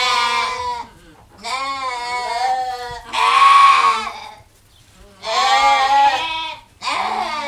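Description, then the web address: Sheep bleating, several loud wavering bleats in a row separated by short pauses. Ewes on a farm. "Les brebis. un jour a la ferme"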